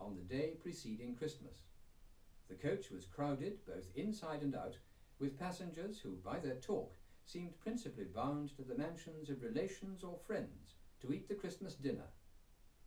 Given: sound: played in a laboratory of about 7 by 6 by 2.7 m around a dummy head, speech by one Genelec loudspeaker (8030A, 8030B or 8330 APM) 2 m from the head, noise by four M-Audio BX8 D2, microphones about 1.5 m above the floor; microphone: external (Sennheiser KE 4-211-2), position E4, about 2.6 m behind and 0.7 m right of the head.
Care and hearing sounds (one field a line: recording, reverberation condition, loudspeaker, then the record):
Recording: male speech in English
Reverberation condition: low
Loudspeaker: 30 degrees to the right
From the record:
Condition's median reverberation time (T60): about 310 ms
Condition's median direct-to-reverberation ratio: about 3.5 dB